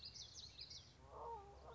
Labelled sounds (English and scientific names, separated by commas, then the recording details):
Common Yellowthroat (Geothlypis trichas)
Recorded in Sonoma County, California